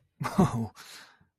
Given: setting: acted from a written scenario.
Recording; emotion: vocal sound without words; negative surprise